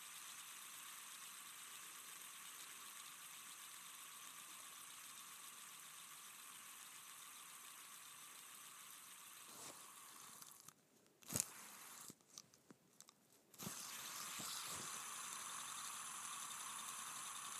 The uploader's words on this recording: ASMR Spinning a Fidget Spinner.